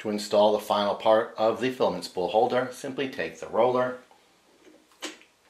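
Someone talks while the plastic roller for the filament spool holder of a Creality CR-10 Smart 3D printer is picked up and lined up, before being slid over the spool arm and turned. One light tick is heard near 5.2 seconds while the roller is handled. Nothing has seated or clicked yet.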